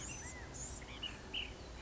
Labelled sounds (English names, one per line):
Blue-gray Gnatcatcher